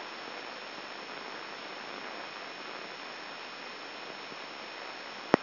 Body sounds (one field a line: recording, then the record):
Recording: brain microelectrode recording played as sound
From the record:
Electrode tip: inside the subthalamic nucleus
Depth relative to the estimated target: 1 mm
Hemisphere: left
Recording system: AlphaMap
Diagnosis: Parkinson's disease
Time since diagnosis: 14 years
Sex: male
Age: 66 years